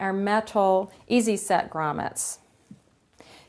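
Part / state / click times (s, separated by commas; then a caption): plastic grommet halves into drapery fabric with grommet tape / seated / 3.2 s. Two halves of a plastic snap-together grommet are pressed together through a hole cut in drapery fabric and grommet tape while someone talks. After the talk, a short, sharp click at 3.2 s marks the grommet snapping into place, seated.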